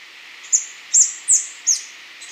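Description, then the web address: Orange-crested flycatcher calling: four sharp, high, downslurred notes in quick succession, clear over a soft background hiss. Recorded in Ecuador. "Birds of Ecuador. Orange-crested Flycatcher"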